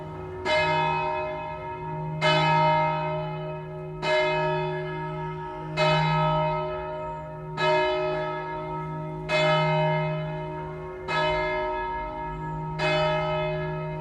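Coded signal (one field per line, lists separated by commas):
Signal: bell signal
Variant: distesa swinging single bell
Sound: a single large bell swinging and striking steadily, about 8 strokes, long ringing decay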